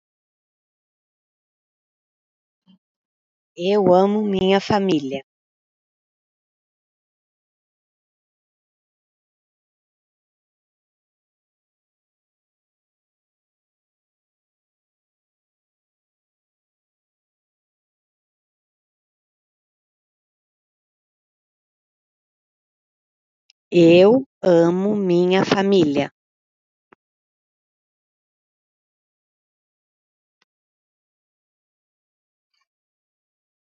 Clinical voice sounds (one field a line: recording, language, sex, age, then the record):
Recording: spoken sentence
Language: Brazilian Portuguese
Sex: female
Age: 50 to 59 years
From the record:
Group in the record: control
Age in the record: 59 years